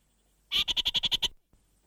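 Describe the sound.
Orange-fronted parakeet chatter, a single burst of about eight quick, harsh, evenly spaced notes lasting under a second, followed by quiet.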